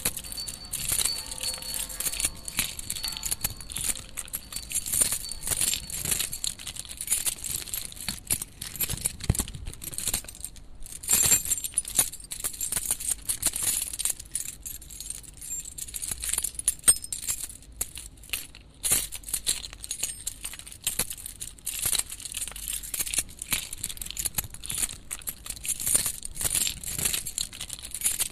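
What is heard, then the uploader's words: Keys rattle and clink against a railing in dense, uneven bursts throughout, bright metallic jingles with brief crinkly scrapes and short pauses. Keys on the railing. Recorded by Dan Bodah in Fall 2008, Brooklyn NY.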